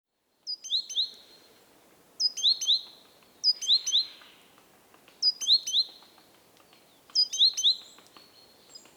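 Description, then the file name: Great tit song, five short ringing whistled phrases of three notes each, against a soft noisy background. "Parus major"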